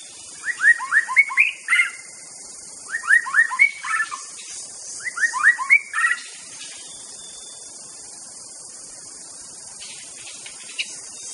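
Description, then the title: White-rumped shama song in three similar bursts of quick whistled notes, then mostly quiet with a steady insect drone. Wild bird recorded in forest. "Kicau Asli Murai Batu Hutan"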